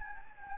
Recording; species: mosquito wingbeat signal from an infrared sensor; Anopheles gambiae